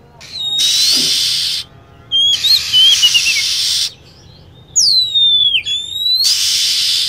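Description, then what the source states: Lovebird calls: a few sliding whistled notes and chirps set among long stretches of loud hissing noise. Lure sound used to attract lovebirds.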